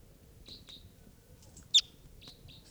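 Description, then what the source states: Crossbill calls: short chip notes, scattered singly and in pairs, with one louder, harsher note in the middle, over a quiet background. Captive decoy crossbills calling excitedly at 6:56 a.m.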